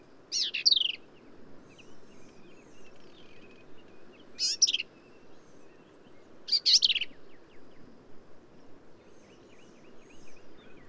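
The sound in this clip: Black-capped vireo song: three loud, rapid, scratchy phrases a few seconds apart, with softer notes between them.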